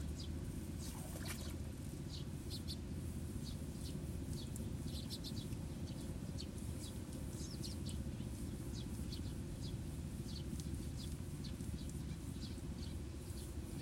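Sparrows chirp busily and continuously over a rice paddy, their short bright calls scattered throughout the clip. Beneath them runs a dense, steady low rumble and wash of water movement, unchanging from start to finish.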